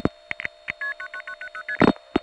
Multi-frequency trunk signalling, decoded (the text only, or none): 9990ST